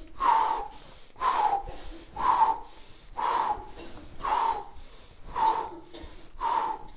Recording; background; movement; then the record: deep breathing; a bystander coughing; walking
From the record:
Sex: male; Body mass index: 22.0 kg/m2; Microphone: on the chest, facing outward